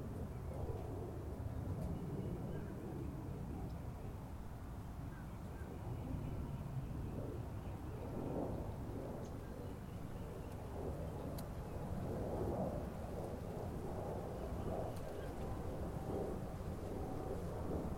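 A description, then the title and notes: Outdoor ambience on a golf course, dominated by a steady, dense low rumble like traffic or wind. Faint murmuring voices drift in and out, and a few brief, sharp ticks sound now and then, around the two-, eleven- and fifteen-second marks. Golf Course, Palm Harbor FL.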